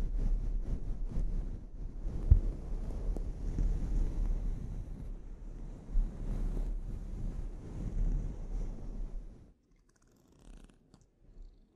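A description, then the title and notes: A scalp treatment gives dense rubbing and brushing with a low rumble for about nine seconds, a sharp knock near two seconds, then near silence with faint touches. ASMR Sleep Inducing Scalp Treatment (No Talking).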